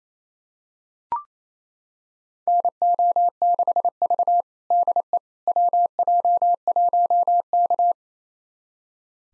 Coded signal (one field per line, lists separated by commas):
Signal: Morse code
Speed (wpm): 28 wpm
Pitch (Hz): 700 Hz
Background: none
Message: NO6V DE WJ1K